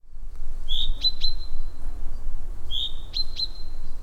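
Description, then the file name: Common chaffinch calls: two short call groups, each a thin whistled note followed by two sharp high clicks, about two seconds apart, with low steady background rumble. "Fringilla coelebs"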